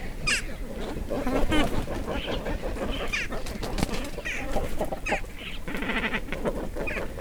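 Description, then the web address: Cormorants giving a busy mix of rough croaks and higher rasping, chattering calls, several birds overlapping continuously against a noisy colony background. Several cormorants recorded inside a nest, loud; mono recording made with a DPA 4061 microphone. "GDC 2017-Game Audio Bundle Sound Holder - Cormorants animals cormorants inside nest loud"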